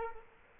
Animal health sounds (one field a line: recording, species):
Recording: mosquito wingbeat signal from an infrared sensor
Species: Culex quinquefasciatus